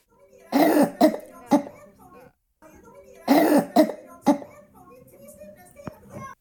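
An adult woman imitates her sick 5-year-old daughter's cough: a deep, throaty, wet chesty cough that seems seated deep down, like someone who has smoked 25 cigarettes in a quarter of an hour. The child has been home sick for two days.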